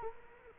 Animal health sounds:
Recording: mosquito wingbeat signal from an infrared sensor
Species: Culex quinquefasciatus

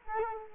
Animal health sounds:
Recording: mosquito wingbeat signal from an infrared sensor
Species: Culex quinquefasciatus

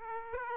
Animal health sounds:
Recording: mosquito wingbeat signal from an infrared sensor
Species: Aedes aegypti

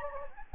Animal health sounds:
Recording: mosquito wingbeat signal from an infrared sensor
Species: Anopheles gambiae

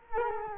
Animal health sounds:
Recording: mosquito wingbeat signal from an infrared sensor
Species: Culex quinquefasciatus

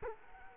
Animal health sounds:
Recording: mosquito wingbeat signal from an infrared sensor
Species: Culex quinquefasciatus

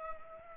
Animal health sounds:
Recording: mosquito wingbeat signal from an infrared sensor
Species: Culex pipiens

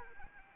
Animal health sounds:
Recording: mosquito wingbeat signal from an infrared sensor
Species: Anopheles arabiensis

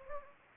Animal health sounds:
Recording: mosquito wingbeat signal from an infrared sensor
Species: Anopheles gambiae

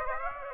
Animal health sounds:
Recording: mosquito wingbeat signal from an infrared sensor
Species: Aedes aegypti

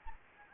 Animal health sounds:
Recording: mosquito wingbeat signal from an infrared sensor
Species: Anopheles gambiae

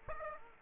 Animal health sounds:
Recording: mosquito wingbeat signal from an infrared sensor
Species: Aedes aegypti

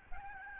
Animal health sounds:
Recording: mosquito wingbeat signal from an infrared sensor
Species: Aedes albopictus

